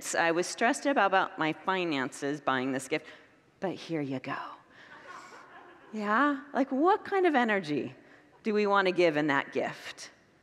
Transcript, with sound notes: I was stressed about my finances buying this gift. But here you go.” [Congregants laugh] Yeah? Like, what kind of energy do we want to give in that gift?